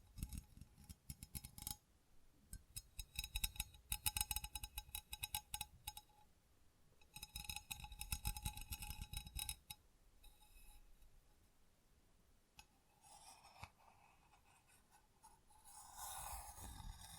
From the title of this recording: Tingly Textures Tapping and Scratching